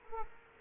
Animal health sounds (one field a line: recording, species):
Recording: mosquito wingbeat signal from an infrared sensor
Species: Culex quinquefasciatus